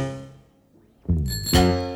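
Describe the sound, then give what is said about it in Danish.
A bicycle bell rings twice in quick succession, bright metallic dings with shimmering high overtones, after a softer fading ring at the start. “Cykel.”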